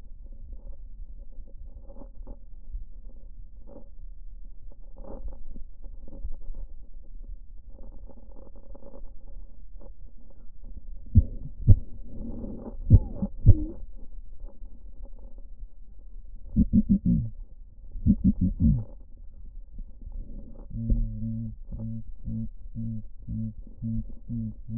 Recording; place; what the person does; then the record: lung sounds by stethoscope; left posterior apical chest; quiet breathing, then cough and speech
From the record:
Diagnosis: none (healthy); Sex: male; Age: 23 years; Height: 185 cm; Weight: 93 kg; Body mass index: 27.2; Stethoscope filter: diaphragm mode